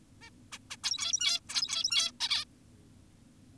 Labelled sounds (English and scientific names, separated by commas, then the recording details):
Zebra Finch (Taeniopygia guttata)
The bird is an adult
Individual g17y2U